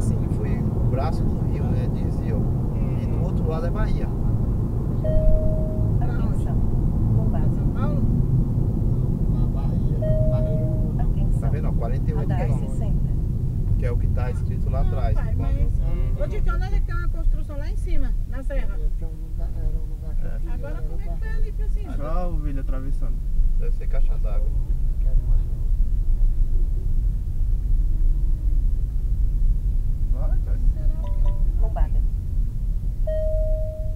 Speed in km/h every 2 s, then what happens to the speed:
79, 76, 73, 66, 58, 48, 36, 24, 15, 14, 13, 14, 19, 21, 22, 21, 17.
0-16 brakes to 15. 16-21 steady at about 14. 21-28 speeds up to 22.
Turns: none.